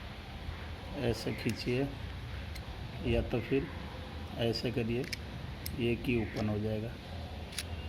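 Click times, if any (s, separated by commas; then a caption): 7.6 s. The release slider on a Mercedes-Benz car key fob housing is pushed back, during a key battery change, so the key locks again. Someone talks throughout, and a single sharp click is heard at 7.6 s as the slider seats back in the locked position.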